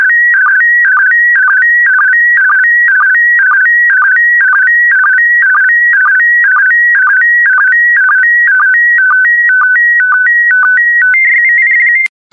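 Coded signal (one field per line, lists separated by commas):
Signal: SSTV (slow-scan television)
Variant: PD120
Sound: steady warbling tone stepping between pitches, repeating twice a second with short low blips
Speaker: 5, 4, 3, 2, 1. Thank you. Transmission complete. You can now check your decoded image against the picture that is shown on the video.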